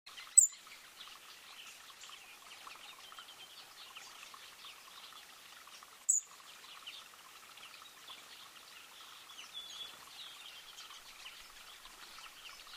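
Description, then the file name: European robin giving two sharp, high clicking ticks about six seconds apart over a soft, steady chorus of chirping birds. "Erithacus rubecula"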